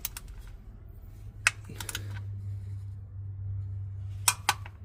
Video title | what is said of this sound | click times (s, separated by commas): 2nd Gen Toyota Tacoma Oil/Filter Change [MAINT REQD] Oil Indicator Reset (Owner's Manual is WRONG!) | Hear that click? That means it's done. | 4.3 s, 4.5 s